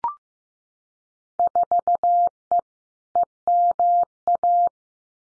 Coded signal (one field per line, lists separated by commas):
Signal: Morse code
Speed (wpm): 15 wpm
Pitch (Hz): 700 Hz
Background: none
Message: 4E EMA